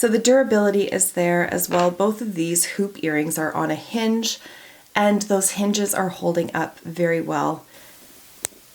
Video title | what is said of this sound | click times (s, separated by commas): These items make me feel pretty - Current Beauty Favourites - #AnaLuisaNY | and the earrings still closed with a satisfying snap | 8.4 s